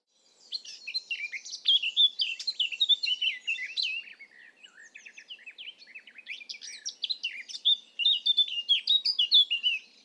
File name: Sylvia atricapilla